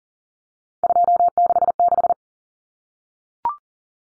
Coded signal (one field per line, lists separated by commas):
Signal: Morse code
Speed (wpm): 40 wpm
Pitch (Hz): 700 Hz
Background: none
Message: 266